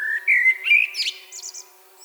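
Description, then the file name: Common blackbird giving a short song phrase: a smooth, rising fluted whistle followed by a brief scratchy, high-pitched flourish. "Turdus merula"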